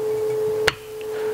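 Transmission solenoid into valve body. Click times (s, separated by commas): 0.7 s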